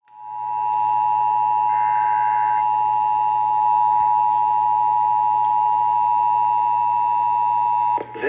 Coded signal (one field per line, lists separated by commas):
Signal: Emergency Alert System (SAME) tones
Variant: 853 and 960 Hz attention tone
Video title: (EAS #524-531) 2023 National Periodic Test